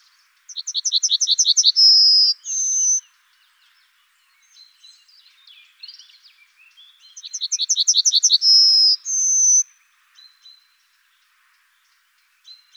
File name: rumeni-strnad Emberiza-citrinella. Tomi Trilar